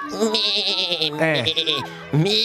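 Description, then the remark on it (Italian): A person imitates a sheep, letting out three wavering, nasal bleats in a row, each a quavering vocal 'baa' with a shaky, trembling pitch. “Se fosse una pecora dovrebbe fare...”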